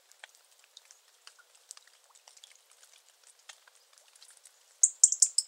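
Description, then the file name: European robin calls: a quick run of sharp, high ticking notes bunched near the end, after several seconds of faint scattered crackles. "Erithacus rubecula"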